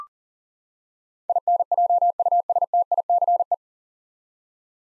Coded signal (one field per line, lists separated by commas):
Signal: Morse code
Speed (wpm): 39 wpm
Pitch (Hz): 700 Hz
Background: none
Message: INJUSTICE